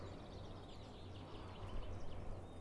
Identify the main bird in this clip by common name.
Common Chaffinch